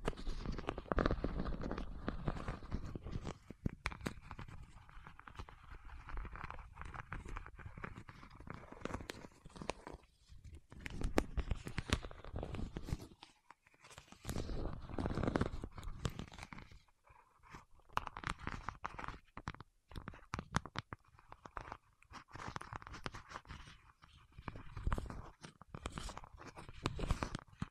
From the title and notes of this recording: ASMR with Wax Fingertips for Sleep (No Talking).